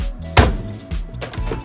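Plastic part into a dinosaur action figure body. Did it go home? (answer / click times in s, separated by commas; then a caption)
no / none. A plastic part is pushed into the body of a large Jurassic World Dino Trackers Super Colossal Indoraptor action figure during assembly. Sharp handling and pushing knocks land at about 0.4, 1.2 and 1.3 seconds over background music. The part does not go in fully, and nothing has clicked or seated yet.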